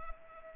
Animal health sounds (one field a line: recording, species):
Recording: mosquito wingbeat signal from an infrared sensor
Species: Culex pipiens